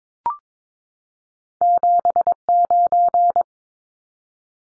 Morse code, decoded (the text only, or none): 79